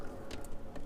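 A carbon fiber M Performance steering wheel trim and blue M button assembly is handled during reassembly into the steering wheel, giving a few small contact ticks, with a brief sharper tick around 0.3 s. Nothing has seated or clicked yet.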